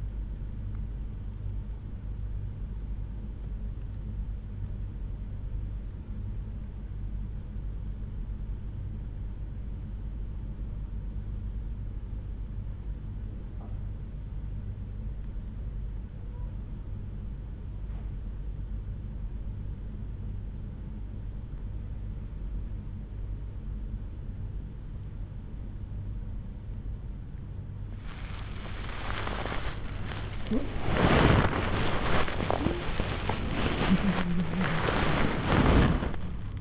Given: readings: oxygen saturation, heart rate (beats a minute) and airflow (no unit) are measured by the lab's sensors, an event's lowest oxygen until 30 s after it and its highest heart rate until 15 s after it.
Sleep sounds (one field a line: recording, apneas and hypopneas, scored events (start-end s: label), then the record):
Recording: breathing in sleep by a smartphone at the bedside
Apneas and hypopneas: 1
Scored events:
11.00-28.20 s: hypopnea (N1, oxygen 96% highest, then 95% lowest)
31.00-36.61 s: new sleep stage, awake
35.00-36.61 s: awake
From the record:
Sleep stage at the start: N1 (lightest sleep)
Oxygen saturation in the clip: 93 to 96%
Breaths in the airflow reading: 5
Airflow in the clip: -11.7 to 15.0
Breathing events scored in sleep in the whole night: 368 in 8.0 hours asleep